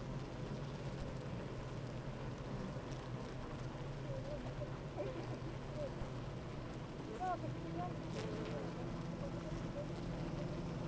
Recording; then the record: honeybee colony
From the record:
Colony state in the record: active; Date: 28 July 2017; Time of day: 8:31